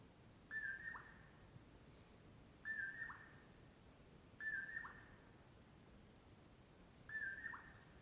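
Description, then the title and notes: Common poorwill calling four times, mellow whistled phrases each ending in a lower dipping note, spaced a few seconds apart over steady low hiss. Morning of 6 July 2016, before 4:30am, early summer, Colockum Wildlife Area, Washington; mellow poor-will-low call. "On the morning of 06 July, 2016, I awoke to the mellow “poor-will-low” of a Common Poorwill"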